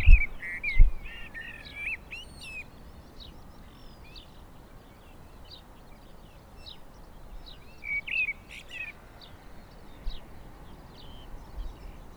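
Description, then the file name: Eurasian blackbird giving bursts of chattering call notes near the start and again around eight seconds, over scattered high chirps from other birds and steady low noise. "Turdus merula"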